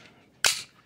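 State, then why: Seated. A pistol is pushed into a polymer holster and seats with a single sharp, loud retention click at 0.4 s. The click rings briefly and fades over about a quarter second against a quiet background. It seats with a positive click straight out of the box, before the retention has been adjusted.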